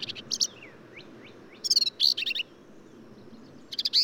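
Black-capped vireo song of quick, scratchy phrases and rapid note bursts, with a few soft thin slurs between them; light background noise.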